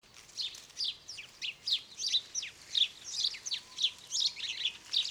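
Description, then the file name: House sparrow giving rapid bright chirps in a steady, lively chatter. "Passer domesticus"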